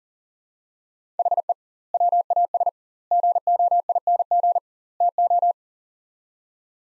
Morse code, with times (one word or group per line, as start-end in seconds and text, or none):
1.2-1.5 HE
1.9-2.7 WAS
3.1-4.6 GOING
5.0-5.5 TO